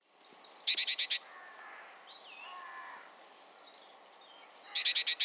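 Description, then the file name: Great tit sounding two rasping bursts of about five quick buzzy notes each, with softer notes in between. "Parus major"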